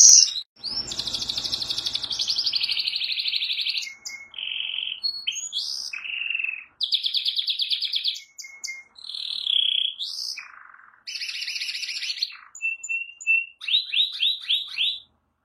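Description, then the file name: Canary singing varied phrases: rapid buzzy trills, short whistled notes and a final series of quick descending chirps, with a brief low rumble at the start. "canto do canario giboso espanhol"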